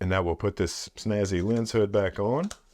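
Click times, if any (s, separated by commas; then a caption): none. Someone talks while a lens hood is handled for twisting back onto the front bayonet of a Brightin Star AF 50mm f/1.4 autofocus prime lens for Sony E APS-C cameras, a hood that locks with a push-button latch. Only speech is heard, and the clip ends before the hood goes home, so nothing has seated or clicked yet.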